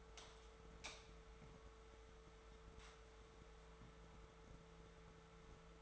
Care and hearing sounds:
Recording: daily activity, microphone in the room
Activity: light off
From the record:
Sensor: 3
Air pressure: 1014.5 hPa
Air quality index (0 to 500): 181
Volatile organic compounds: 19 ppm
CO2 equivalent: 2644 ppm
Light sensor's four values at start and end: 30/77/32/34 and 29/72/30/32

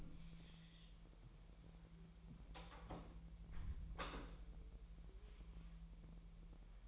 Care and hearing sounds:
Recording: daily activity, microphone in the room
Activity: close door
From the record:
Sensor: 1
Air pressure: 1001.3 hPa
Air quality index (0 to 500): 249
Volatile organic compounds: 141 ppm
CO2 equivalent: 3981 ppm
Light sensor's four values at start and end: 13/32/13/14 and 13/31/13/14

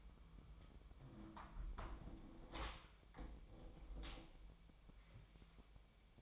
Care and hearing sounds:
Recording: daily activity, microphone in the room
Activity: close window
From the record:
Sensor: 1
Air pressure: 1006.6 hPa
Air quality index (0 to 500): 211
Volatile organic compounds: 25 ppm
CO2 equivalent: 2838 ppm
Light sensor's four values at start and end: 12/32/12/14 and 12/31/12/14

